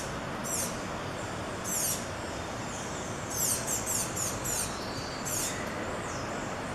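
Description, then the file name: Tanager song: thin, very high squeaky notes in short bursts, a quick run of several in the middle, over steady background noise. "Canto do sanhacu de encontro branco"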